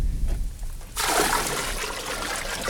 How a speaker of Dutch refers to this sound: Deze man schept een grote emmer uit het water.